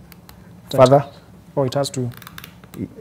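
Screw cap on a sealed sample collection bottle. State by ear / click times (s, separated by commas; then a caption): seated / 2.4 s. A screw cap is turned onto sealed sample collection bottle B and keeps going until it locks shut with clicks at 2.4 s and 2.4 s, confirming it is seated. Someone talks before the clicks, and faint small handling ticks are heard around it.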